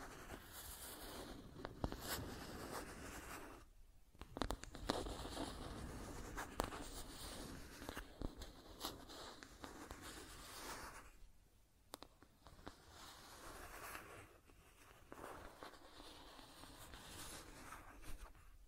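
Scratching and tracing sounds run almost without pause, a dense rough rasp that swells and eases with each stroke. Sharp clicks and taps cut in now and then, near two, four and seven seconds, and brief lulls break it around four and twelve seconds.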